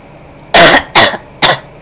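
Three short, harsh cough bursts in quick succession from an adult, under two seconds; a plain cough sound effect.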